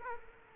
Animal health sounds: mosquito wingbeat signal from an infrared sensor; Culex quinquefasciatus

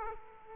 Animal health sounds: mosquito wingbeat signal from an infrared sensor; Aedes aegypti

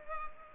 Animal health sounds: mosquito wingbeat signal from an infrared sensor; Culex pipiens

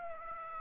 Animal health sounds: mosquito wingbeat signal from an infrared sensor; Aedes aegypti

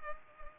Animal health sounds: mosquito wingbeat signal from an infrared sensor; Culex pipiens

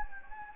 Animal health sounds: mosquito wingbeat signal from an infrared sensor; Anopheles gambiae

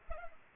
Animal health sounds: mosquito wingbeat signal from an infrared sensor; Culex pipiens

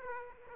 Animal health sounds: mosquito wingbeat signal from an infrared sensor; Aedes aegypti

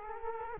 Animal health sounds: mosquito wingbeat signal from an infrared sensor; Culex quinquefasciatus

